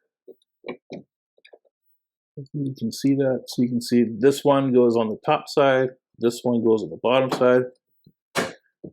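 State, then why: Seated. The plastic frame of a radiator grille mesh for a Tesla Model Y Juniper and Model 3 Highland is pushed so its top and bottom clips hook over the fins of the radiator cover, while someone talks. A few faint taps come early, then sharp clicks at 8.1 s and 8.9 s as the frame locks into place.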